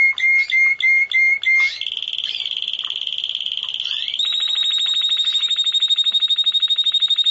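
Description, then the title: Java sparrow song opening with five quick, clipped chirps, then a sustained buzzing trill that jumps to a higher, rapidly pulsing drawn-out note. "kicau gelatik"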